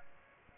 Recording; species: mosquito wingbeat signal from an infrared sensor; Aedes aegypti